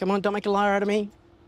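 A DC fast-charge connector sits plugged into the charging port of a Kia EV5 electric car. Someone talks for about the first second, after which only a faint, steady low hum remains. Nothing has clicked or locked yet, since the connector lock has not engaged and charging has not started.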